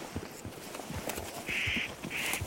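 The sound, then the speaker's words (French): A spotted nutcracker in the Vanoise reserve in the Alps gives two harsh, rasping calls in quick succession, each a dry, grating burst, over a faint background of scattered ticks and rustling. “C'est le casse-noix moucheté.”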